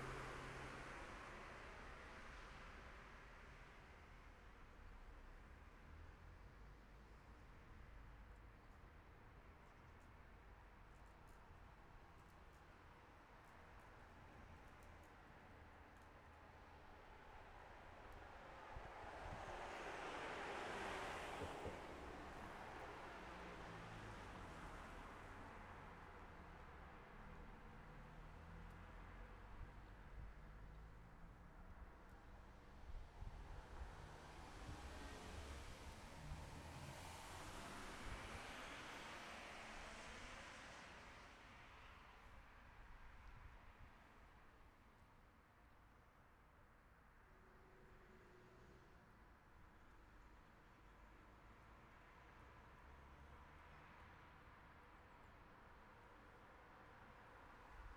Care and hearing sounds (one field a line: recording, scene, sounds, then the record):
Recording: everyday scene through a hearing-aid microphone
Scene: in traffic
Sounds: traffic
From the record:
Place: city secondary road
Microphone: behind the ear, left, front